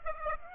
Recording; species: mosquito wingbeat signal from an infrared sensor; Aedes aegypti